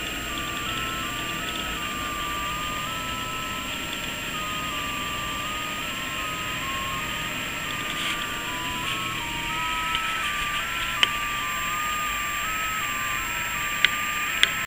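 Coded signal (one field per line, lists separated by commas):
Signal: JT65, JT9 or WSPR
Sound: a single steady tone hopping slowly between pitches every fraction of a second, over hiss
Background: radio static, clicks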